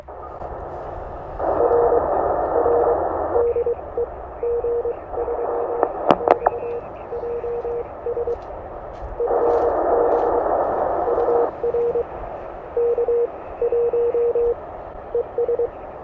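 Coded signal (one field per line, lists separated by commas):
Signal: Morse code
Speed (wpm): 23 wpm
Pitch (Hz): 470 Hz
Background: radio noise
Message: R R DE G3XJS FB UR K1 ES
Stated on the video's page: CW QSO with a station near London on a K1 radio at the beach, with some fading and noise, for copying practice.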